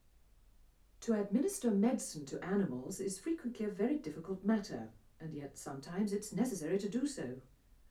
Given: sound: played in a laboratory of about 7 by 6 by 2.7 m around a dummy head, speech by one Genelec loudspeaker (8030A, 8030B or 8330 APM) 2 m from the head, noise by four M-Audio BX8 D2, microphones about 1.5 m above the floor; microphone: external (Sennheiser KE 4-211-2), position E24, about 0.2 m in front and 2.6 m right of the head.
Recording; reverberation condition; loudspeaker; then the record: female speech in English; low; 150 degrees to the left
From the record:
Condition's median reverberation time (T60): about 310 ms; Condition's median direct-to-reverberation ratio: about 3.5 dB